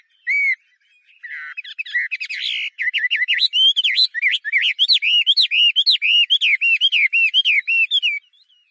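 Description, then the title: Chinese hwamei song: one loud whistle, a rough warbled passage, then a fast series of bouncing, rising and falling whistled notes. "画眉鸟的叫声"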